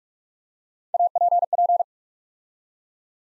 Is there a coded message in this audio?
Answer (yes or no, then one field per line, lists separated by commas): yes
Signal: Morse code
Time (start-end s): 0.9-1.8 s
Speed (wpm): 46 wpm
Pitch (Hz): 700 Hz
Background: none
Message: APP